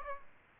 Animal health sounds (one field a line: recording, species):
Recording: mosquito wingbeat signal from an infrared sensor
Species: Aedes aegypti